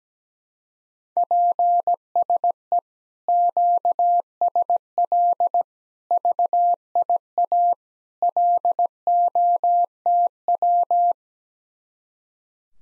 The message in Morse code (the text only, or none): PSE QSL VIA LOTW